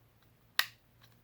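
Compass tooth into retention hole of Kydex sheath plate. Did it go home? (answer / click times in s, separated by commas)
yes / 0.6 s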